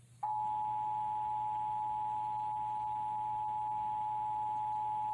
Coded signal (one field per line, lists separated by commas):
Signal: Emergency Alert System (SAME) tones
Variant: 853 and 960 Hz attention tone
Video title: EAS #416: Tornado Watch - Indiana (12/11/2021) (WIPB)